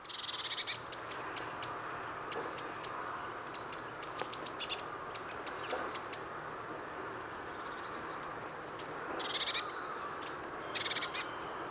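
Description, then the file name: Eurasian blue tit: thin, very high notes in three short bursts of a few notes each, over a steady background hiss. "Cyanistes caeruleus"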